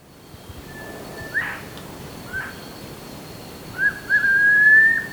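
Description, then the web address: Striolated puffbird whistled call: faint level whistles early, then a louder, long, slightly rising whistle near the end, over steady background hiss. Ecuador. "Natures Songs S America Birds of Ecuador. Striolated Puffbird"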